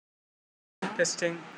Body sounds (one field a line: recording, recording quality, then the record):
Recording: shallow voluntary cough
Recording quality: poor, much background noise or distortion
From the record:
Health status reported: healthy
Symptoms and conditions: none ticked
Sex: male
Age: 26 years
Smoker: not ticked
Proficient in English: yes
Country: India